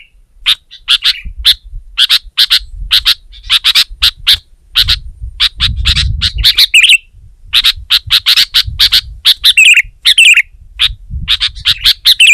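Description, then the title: Sooty-headed bulbul calling with a rapid string of crisp, clicking chirps, some rising into short warbles, over low background noise. "kutilang"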